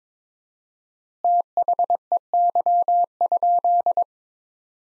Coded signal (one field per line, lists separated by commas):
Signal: Morse code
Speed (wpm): 22 wpm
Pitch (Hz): 700 Hz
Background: none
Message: THEY?